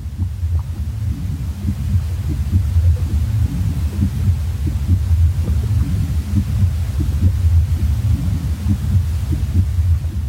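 Simulated sound inside the womb: the mother's heartbeat throbbing as a muffled, low-frequency pulse, together with deep rumbling bowel sounds and breathing that has its own rhythms.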